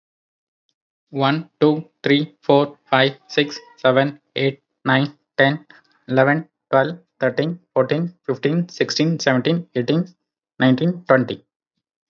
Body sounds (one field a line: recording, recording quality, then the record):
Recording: counting at a fast pace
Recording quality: excellent, no background noise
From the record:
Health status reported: healthy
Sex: male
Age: 29 years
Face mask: not worn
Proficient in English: no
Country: India